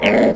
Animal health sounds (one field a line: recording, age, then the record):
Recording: pig call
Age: piglet (1 to 25 days)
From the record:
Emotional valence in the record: negative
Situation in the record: crushing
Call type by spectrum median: low-frequency call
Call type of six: low-frequency tonal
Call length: 0.35 s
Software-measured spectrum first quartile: 422 Hz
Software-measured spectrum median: 663 Hz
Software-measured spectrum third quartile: 1806 Hz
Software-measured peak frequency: 599 Hz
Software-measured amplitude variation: 104 dB a second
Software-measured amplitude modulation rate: 24.3 a second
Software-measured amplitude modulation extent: 4.3 dB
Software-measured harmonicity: 0.9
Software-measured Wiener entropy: -2.16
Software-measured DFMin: 1200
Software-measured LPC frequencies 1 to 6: 584, 2117, 2893, 4330, 5161, 7119 Hz